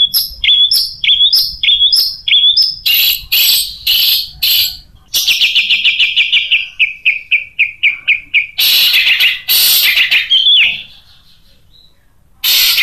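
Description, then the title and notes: Long-tailed shrike song: a string of short squeaky notes, loud harsh bursts and a falling series of quick chips, then more harsh bursts, near silence and one final loud burst at the end. Masteran recording of long-tailed shrike (cendet) song for training cage birds, tembakan song style, variation 1. "Suara Burung Cendet Tembakan Variasi 1. Masteran Burung Cendet"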